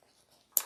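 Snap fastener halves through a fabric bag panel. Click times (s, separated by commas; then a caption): 0.6 s. Two snap fastener halves are put through the hole in a fabric bag panel and pressed together. After quiet handling, a sharp, bright click is heard at 0.6 seconds as the snap parts seat together.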